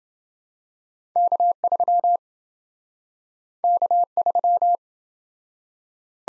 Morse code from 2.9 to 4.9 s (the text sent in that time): K3